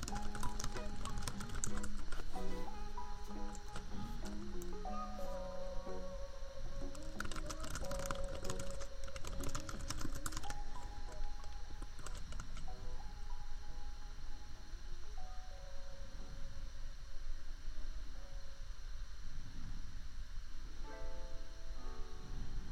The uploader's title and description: Typing. Keyboard tapping, royalty-free lofi beats, and an annoying laptop fan hum